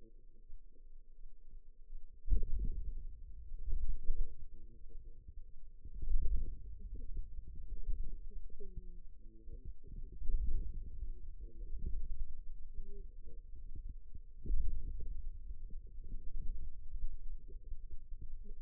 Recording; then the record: forearm muscle sounds (acoustic myography)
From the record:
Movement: wrist extension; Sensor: system 2, bracelet of six BSWA MPA416 microphones around the upper forearm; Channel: 3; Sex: female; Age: 21 years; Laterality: right